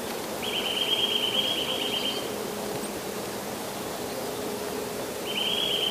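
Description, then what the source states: Eurasian nuthatch trilling: a quick run of high, evenly spaced notes lasting almost two seconds, with a second trill starting near the end. Recorded in frost.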